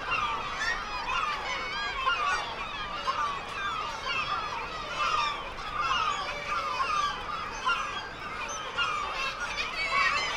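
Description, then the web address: Black-legged kittiwake calls, a busy mix of nasal, harmonic cries with many birds calling together throughout. "sound Black-legged-kittiwake. صدای-پرنده-کاکایی-پاسیاه"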